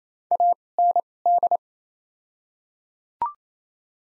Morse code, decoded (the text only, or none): A N D